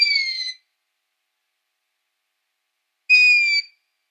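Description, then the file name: Long-eared owl producing a strained, high-pitched squeak already under way at the start and weakening toward its end, then a second similar squeak after a long pause. "Waldohreule"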